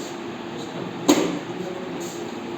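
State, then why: Seated. A technician refits a plastic cover panel onto the housing of a side-by-side refrigerator, engaging the top lock first and then pushing the cover gently inward. Against a steady background hum, a single sharp click at 1.1 s marks the cover snapping into its lock, and it is seated.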